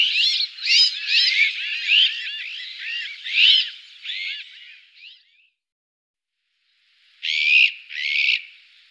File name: azure winged magpie